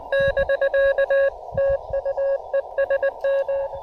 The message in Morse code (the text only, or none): <BK> TU ES M